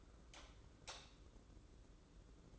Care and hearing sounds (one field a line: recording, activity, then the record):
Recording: daily activity, microphone in the room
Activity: light off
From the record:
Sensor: 3